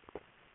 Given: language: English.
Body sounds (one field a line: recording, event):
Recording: throat vibration sensor signal played as sound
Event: swallow